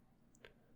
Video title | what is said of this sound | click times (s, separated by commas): iRobot J7+ Roomba Combo Review! Industry First Fully Retractable Mop That Has Some Issues! | The waste bin hinges in and snaps in place on the robot. | 0.3 s, 0.5 s